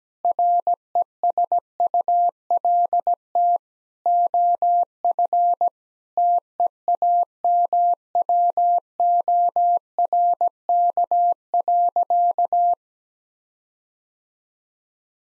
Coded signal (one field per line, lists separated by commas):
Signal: Morse code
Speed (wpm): 17 wpm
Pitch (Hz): 700 Hz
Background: none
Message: RESULT OF TEAMWORK.